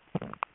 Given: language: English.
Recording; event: throat vibration sensor signal played as sound; swallow